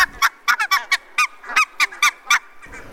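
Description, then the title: Barnacle goose: sharp, high, yapping barks, about ten in under three seconds. "vogel-der-woche Nonnengans"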